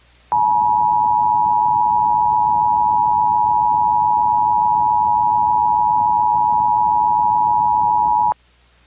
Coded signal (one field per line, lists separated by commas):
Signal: Emergency Alert System (SAME) tones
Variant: 853 and 960 Hz attention tone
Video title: All This Effort for A Fake Flash Flood Warning - EAS Mock